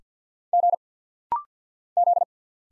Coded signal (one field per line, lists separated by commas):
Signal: Morse code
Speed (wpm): 51 wpm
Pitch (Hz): 700 Hz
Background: none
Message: G Z